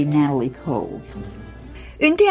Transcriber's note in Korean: 현장음:트루드 호퍼커 씨 집